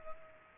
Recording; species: mosquito wingbeat signal from an infrared sensor; Culex pipiens